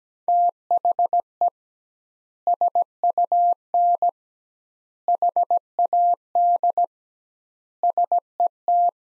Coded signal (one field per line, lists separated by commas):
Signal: Morse code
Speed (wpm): 17 wpm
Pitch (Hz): 700 Hz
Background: none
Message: THE SUN HAD SET